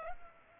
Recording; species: mosquito wingbeat signal from an infrared sensor; Culex pipiens